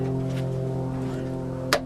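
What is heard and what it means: The end socket of a hood lift support strut on a Maxima is pushed onto the lower ball stud after a first try that did not take, over a steady, layered tonal hum. At 1.7 s a single sharp, bright pop cuts through as the socket snaps onto the ball stud, seating it firmly.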